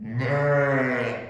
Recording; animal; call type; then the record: contact call of a hoofed animal; sheep; low-frequency (closed-mouth) or high-frequency (open-mouth) call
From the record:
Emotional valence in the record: negative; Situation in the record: short social isolation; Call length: 1.29 s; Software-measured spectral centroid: 1300 Hz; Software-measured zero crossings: 1480 a second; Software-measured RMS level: -24 dBFS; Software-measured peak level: -11 dBFS